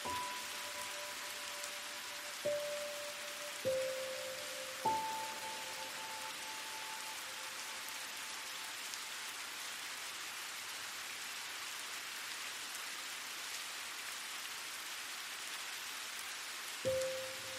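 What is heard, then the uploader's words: Soft rain hisses evenly throughout, a dense, steady patter. Over it, a few gentle struck notes ring out and sustain for several seconds, clustered near the start at about 2.5, 4 and 5 seconds, then one more close to the end. Relaxing Music & Soft Rain.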